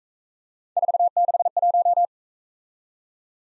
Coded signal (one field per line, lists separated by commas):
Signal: Morse code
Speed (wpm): 41 wpm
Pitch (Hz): 700 Hz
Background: none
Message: 461